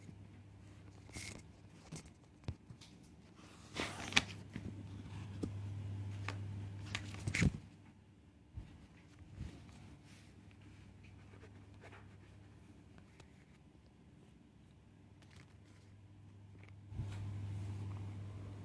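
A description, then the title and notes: Scribbling and page turning, with scattered short scratchy strokes and rustles throughout, busiest around four and seven seconds. A low steady hum rises under the sounds from about four to eight seconds and again near the end, with quieter stretches between. This is a 45 minutes study session with scribbling and page turning ASMR.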